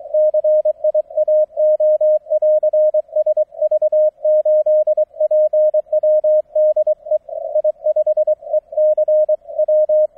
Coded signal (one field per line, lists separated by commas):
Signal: Morse code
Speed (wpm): 23 wpm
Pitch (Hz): 620 Hz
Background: none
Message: CIAO <AR> SV8PW DE I5ECW